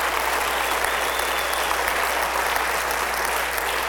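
crowd, audience applause

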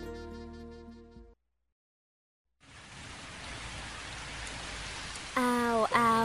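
nature, light rain falling

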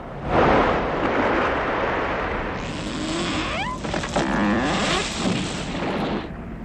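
nature, storm at sea

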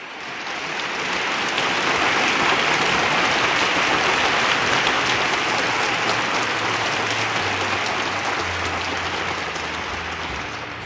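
crowd, applause

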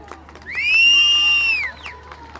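crowd, audience applause

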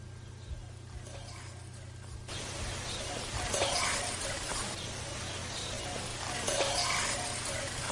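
nature, trickling water

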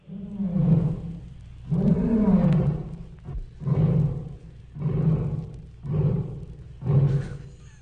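animal, tiger roaring

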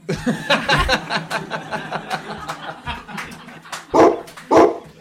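animal, dog barking

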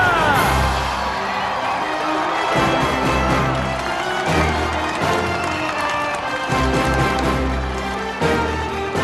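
crowd, crowd cheering

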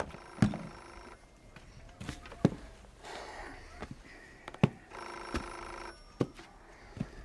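signal or alarm, telephone ringing

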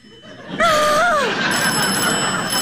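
signal or alarm, telephone bell ringing

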